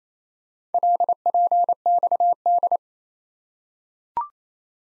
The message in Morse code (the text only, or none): LPXD